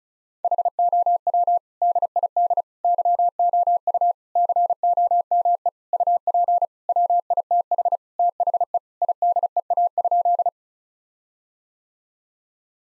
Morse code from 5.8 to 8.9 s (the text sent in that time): UP WITH THE